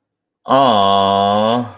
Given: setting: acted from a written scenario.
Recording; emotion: vocal sound without words; adoration